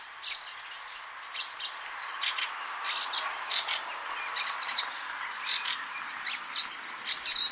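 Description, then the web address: Fieldfare song: scattered high squeaks and scratchy chips over a soft constant hiss. "chant xeno-canto grive litorne"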